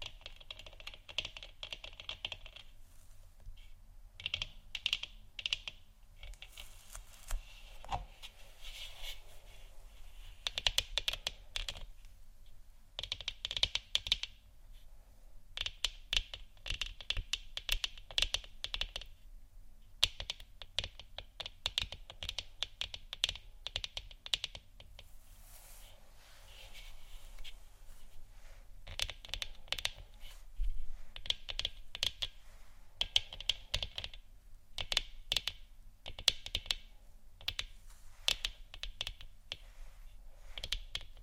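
Moon scratching and tapping in dense bursts of quick, bright clicks and scrapes, pausing briefly now and then, over a low steady hum.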